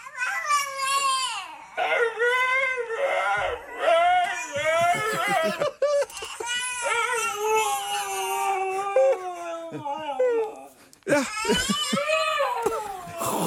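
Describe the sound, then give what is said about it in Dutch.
A dog whines in long, wavering, high-pitched wails that imitate a crying baby. The sobbing cries rise and fall almost continuously with brief breaks, and a voice speaks briefly. “Hier hoor je dat die hond probeert die baby na te doen.”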